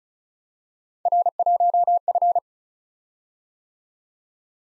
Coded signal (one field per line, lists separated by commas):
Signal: Morse code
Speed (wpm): 36 wpm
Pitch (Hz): 700 Hz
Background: none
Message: R1F